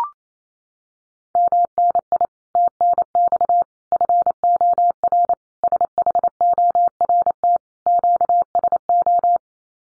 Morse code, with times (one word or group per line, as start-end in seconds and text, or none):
1.4-2.3 MNI
2.6-3.6 TNX
3.9-5.3 FOR
5.6-7.6 SHORT
7.9-9.4 QSO